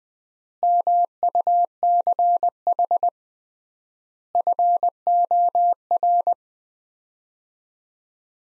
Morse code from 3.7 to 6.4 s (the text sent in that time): FOR